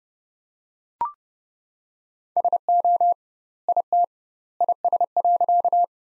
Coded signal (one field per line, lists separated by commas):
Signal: Morse code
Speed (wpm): 30 wpm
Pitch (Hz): 700 Hz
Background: none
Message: SO IT IS.